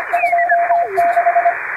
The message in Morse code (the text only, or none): 26